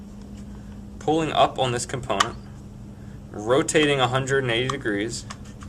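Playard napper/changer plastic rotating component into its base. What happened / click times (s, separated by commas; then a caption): The component is handled and rotated but has not yet snapped into place / none. Someone talks while handling the plastic rotating napper/changer component of a Graco Pack 'N Play playard, pulling it up from its base and rotating it 180 degrees. A faint hum runs underneath, with a brief soft tick at 5.6 s. The part has not yet been pushed back down, and nothing has snapped into place.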